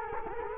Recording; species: mosquito wingbeat signal from an infrared sensor; Culex quinquefasciatus